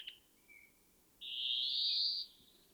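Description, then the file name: European greenfinch delivering one long nasal wheeze that slowly rises in pitch, preceded by a short note and a thin tone. "Chloris chloris"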